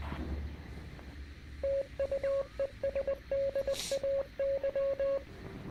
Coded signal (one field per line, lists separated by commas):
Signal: Morse code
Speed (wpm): 20 wpm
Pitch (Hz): 550 Hz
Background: radio noise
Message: TUESDAY